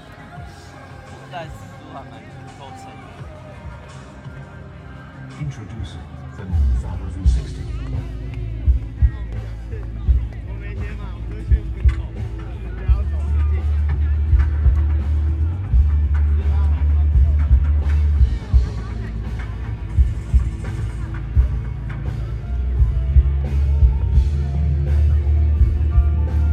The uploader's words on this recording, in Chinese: 錄音來自2020年漂遊者音樂祭現場收音，是真的噪音。